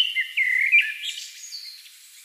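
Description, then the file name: Common blackbird song: a loud, low, mellow warbled phrase that drops in pitch, then a thin high twitter that fades out. "Turdus merula"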